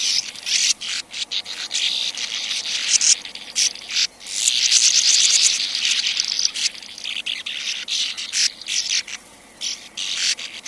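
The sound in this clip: Sand martin gives dry, scratchy twittering calls, with uneven bursts and a longer dense stretch in the middle.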